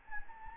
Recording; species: mosquito wingbeat signal from an infrared sensor; Anopheles gambiae